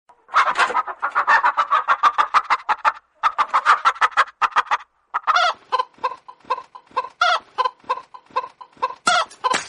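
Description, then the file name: Chicken clucking: a rapid, uneven series of short nasal clucks, broken by brief pauses and ending in a few sharper, louder notes. Hen. "super funny hen"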